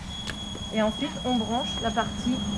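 The vehicle end of an EV charging cable is pushed into the charging inlet of a Seat Leon e-hybrid plug-in hybrid car, giving a single short, sharp click at 0.3 s as the plug seats. Someone talks over a steady high-pitched whine, and the plug locks when the car is locked.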